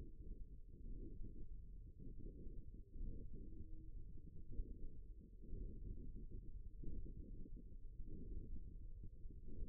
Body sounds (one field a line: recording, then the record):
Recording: forearm muscle sounds (acoustic myography)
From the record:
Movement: forearm pronation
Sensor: system 1, eight BSWA MPA416 microphones around the upper forearm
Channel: 2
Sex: male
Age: 54 years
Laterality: right